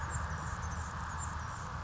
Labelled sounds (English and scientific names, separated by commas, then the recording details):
Anna's Hummingbird (Calypte anna)
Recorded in Sonoma County, California